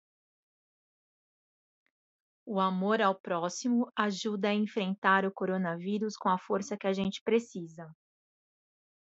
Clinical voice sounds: spoken sentence; Brazilian Portuguese; female; 40 to 49 years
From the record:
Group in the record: control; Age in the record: 42 years

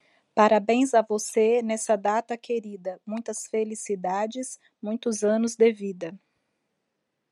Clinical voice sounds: short text; Brazilian Portuguese; female; 40 to 49 years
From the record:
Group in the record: control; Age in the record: 42 years

